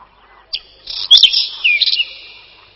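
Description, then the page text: Whinchat singing one short, varied phrase mixing thin whistles, a quick downslurred note and dry chattering elements, then a fading high ring. "Луговой чекан — Saxicola rubetra"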